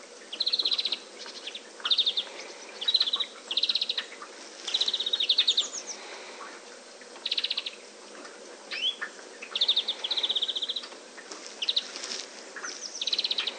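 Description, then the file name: European greenfinch calls: repeated bursts of rapid twittering trills with pauses between, against a steady background hiss. "Chloris chloris"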